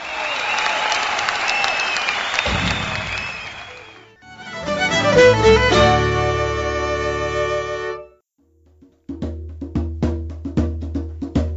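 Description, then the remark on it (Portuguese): Scattered clapping from a small crowd in a tavern, applauding the first advertiser, for a few seconds, then giving way to bright, sustained musical tones and a series of short rhythmic chimes. “Dá uma salva de palmas aqui, porque esse é o nosso primeiro anunciante.”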